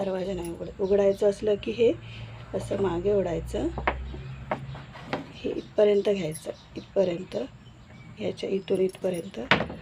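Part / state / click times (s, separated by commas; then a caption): sliding door bolt on old house door / released / 4.5 s, 5.1 s. Someone talks while the metal sliding bolt of an old house door latch is pulled back out of its catch, giving two sharp metallic knocks at 4.5 s and 5.1 s. The bolt is released so the door can open.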